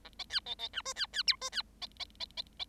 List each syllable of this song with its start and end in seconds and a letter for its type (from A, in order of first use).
0.04-0.09 A, 0.18-0.24 B, 0.29-0.40 C, 0.46-0.55 B, 0.58-0.68 B, 0.73-0.82 D, 0.85-0.93 E, 0.95-1.06 C, 1.12-1.23 C, 1.27-1.36 F, 1.41-1.50 E, 1.52-1.62 C, 1.81-1.86 B, 1.99-2.05 B, 2.20-2.25 B, 2.37-2.42 B, 2.59-2.64 B